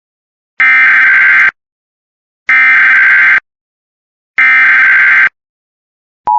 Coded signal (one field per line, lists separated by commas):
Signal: Emergency Alert System (SAME) tones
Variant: header bursts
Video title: South Carolina blue alert on my birthday EAS #48